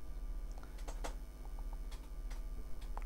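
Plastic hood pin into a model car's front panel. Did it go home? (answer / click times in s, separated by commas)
yes / 3.0 s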